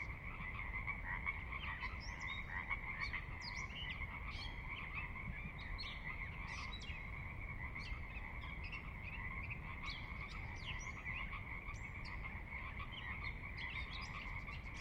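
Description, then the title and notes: Pacific Chorus Frog chorus, continuous overlapping ribbit-like croaks with frequent brief higher clicks and chirps on top, backed by a steady low roar of water. Recorded at midnight on the valley floor of Sinlahekin Valley, Sinlahekin Wildlife Area, Washington, glacier-dug trench near the Cascades' northeastern slope; distant water spillage in background; unprocessed raw recording. "Sinlahekin Valley midnight. the ever-present Pacific Chorus Frogs that are a fixture of the Northwest Soundscape"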